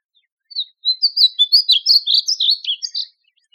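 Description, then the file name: Painted bunting delivering a single fast, high-pitched musical warble of bouncing slurred notes for roughly two and a half seconds, nothing else audible. Recorded in Texas on 26 June 2005. "PABU TX 062605"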